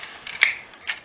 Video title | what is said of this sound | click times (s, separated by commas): MightyToyReviews - Bruder Semi-Truck and the JCB Backhoe - Episode 35 | then it can come back in it kind of snaps back in like that kind of loud | 0.4 s